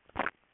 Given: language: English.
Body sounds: throat vibration sensor signal played as sound; swallow

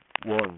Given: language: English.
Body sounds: throat vibration sensor signal played as sound; speech

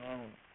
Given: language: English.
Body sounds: throat vibration sensor signal played as sound; speech

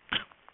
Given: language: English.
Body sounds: throat vibration sensor signal played as sound; cough

